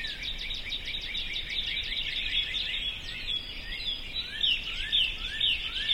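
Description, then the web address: Birds chorus with quick, repeated chirps; in the second half, short rising whistles recur roughly every half second beneath the twittering. "sounds djk sounds birds 0645 040905"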